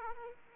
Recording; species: mosquito wingbeat signal from an infrared sensor; Aedes aegypti